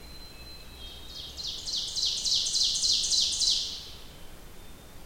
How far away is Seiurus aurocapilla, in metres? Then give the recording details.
about 35 m. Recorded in boreal forest in Alberta, Canada, on 27 June 2016 at 05:42. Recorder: SongMeter 3, array SBT-6-79. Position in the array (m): 240 m, 45 m. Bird 39